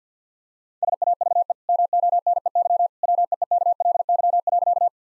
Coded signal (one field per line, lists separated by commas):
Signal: Morse code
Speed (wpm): 50 wpm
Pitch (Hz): 700 Hz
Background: none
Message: SAVE MONEY WEEKLY.